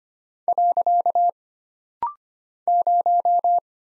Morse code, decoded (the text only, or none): . 0